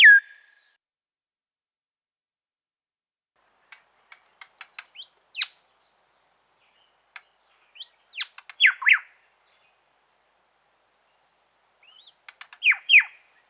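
Grey shrike-thrush song: three phrases that each open with soft ticking clicks and build to clear whistles and falling notes, spaced about four seconds apart amid silence.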